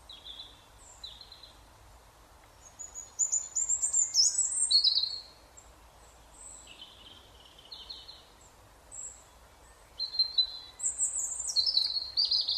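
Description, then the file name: European robin song in several separate phrases of high thin whistles and fast descending trills, spaced by short pauses, with a final bright phrase near the end. "Erithacus rubecula"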